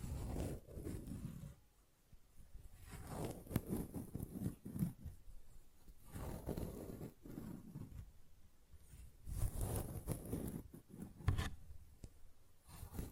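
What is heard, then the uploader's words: A paper bag is tapped, rubbed and scratched in irregular bursts, with dull low thumps and rough crinkling that swells and fades every second or two. Short crisp scrapes flick through, and brief quiet gaps fall near two and nine seconds. ASMR Paper Bag Tapping and Scratching Sounds (No Talking).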